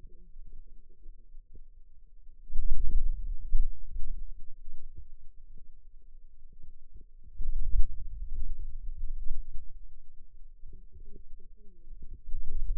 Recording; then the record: forearm muscle sounds (acoustic myography)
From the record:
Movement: wrist extension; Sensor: system 2, bracelet of six BSWA MPA416 microphones around the upper forearm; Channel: 1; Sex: female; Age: 21 years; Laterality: right